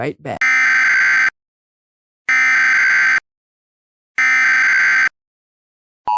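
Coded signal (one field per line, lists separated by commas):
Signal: Emergency Alert System (SAME) tones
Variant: header bursts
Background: speech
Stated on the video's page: Compilation of rare alerts including national emergency message, nationwide test, blue alert, nuclear power plant, radiological hazard, extreme wind, snow squall, ice storm, tsunami, law enforcement warnings.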